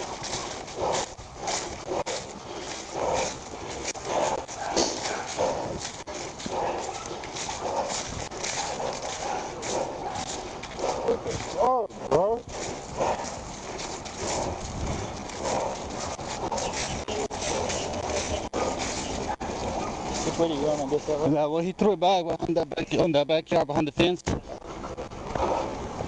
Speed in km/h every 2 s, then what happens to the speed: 0, 0, 0, 0, 0, 0, 0, 0, 0, 0, 0, 0, 0.
0-26 standing.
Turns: none.